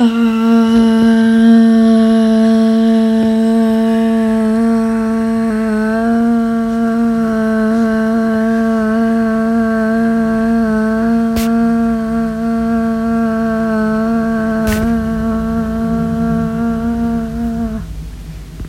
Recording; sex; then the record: sustained vowel /a/; female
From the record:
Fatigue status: fatigue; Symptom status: symptomatic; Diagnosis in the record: COVID-19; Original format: m4a